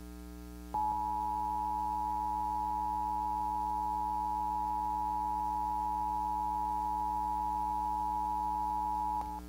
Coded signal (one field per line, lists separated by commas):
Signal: Emergency Alert System (SAME) tones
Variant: 853 and 960 Hz attention tone